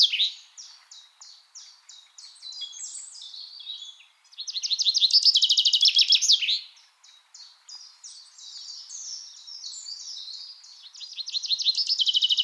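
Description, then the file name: Common chaffinch song: quieter repeated high notes, then a loud phrase of rapid repeated notes from about four to seven seconds, with more trilled phrases near the end. "Fringilla coelebs"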